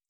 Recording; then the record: hydrophone in a shrimp aquaculture tank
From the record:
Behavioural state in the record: feeding